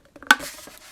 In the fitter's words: there you go just kind of Clicks in like that